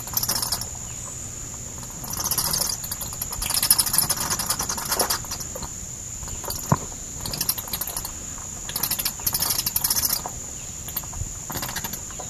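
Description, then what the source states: Myotis bats chattering in many short, scratchy, rapid-fire click bursts that come and go throughout, over a steady thin whine. Roosting bats recorded at Congaree, South Carolina, on 30 October 2006.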